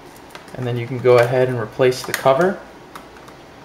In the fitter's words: then snap it into place